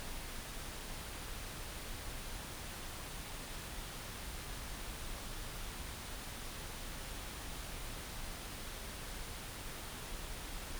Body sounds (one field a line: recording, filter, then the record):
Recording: brain microelectrode recording played as sound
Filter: wide band, above 20 Hz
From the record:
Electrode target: subthalamic nucleus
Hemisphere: right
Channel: 1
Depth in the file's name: 5.102 mm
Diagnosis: Parkinson's disease